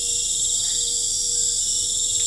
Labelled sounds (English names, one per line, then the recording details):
none
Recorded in pastures near Puerto Asís, Putumayo, Colombia, on 26 December 2024 at 19:30
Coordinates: 0.496, -76.326
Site G004